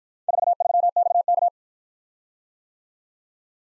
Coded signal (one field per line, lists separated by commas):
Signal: Morse code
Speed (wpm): 54 wpm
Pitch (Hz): 700 Hz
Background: none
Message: 43XK